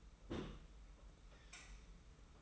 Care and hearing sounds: daily activity, microphone in the room; place on stove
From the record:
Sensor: 1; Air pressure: 991.0 hPa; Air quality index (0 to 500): 91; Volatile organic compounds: 33 ppm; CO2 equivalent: 3013 ppm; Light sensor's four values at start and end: 36/117/46/47 and 36/117/46/47

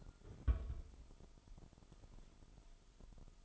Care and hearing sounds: daily activity, microphone in the room; place on stove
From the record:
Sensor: 5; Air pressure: 988.4 hPa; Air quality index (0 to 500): 204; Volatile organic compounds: 84 ppm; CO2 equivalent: 3638 ppm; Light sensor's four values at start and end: 47/140/55/60 and 48/142/56/61

